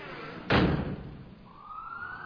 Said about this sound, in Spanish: Fíjense, amigos. Fíjense, eso parece una ambulancia, ¿verdad?